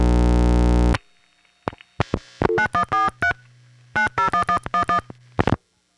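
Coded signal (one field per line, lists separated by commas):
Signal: DTMF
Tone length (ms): 100 ms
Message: 9143 901111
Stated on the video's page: DTMF from a 1975 tape recording of the old telephone network.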